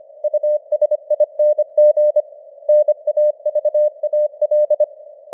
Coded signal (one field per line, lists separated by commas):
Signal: Morse code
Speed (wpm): 25 wpm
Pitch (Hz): 600 Hz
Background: none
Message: USING NAVAL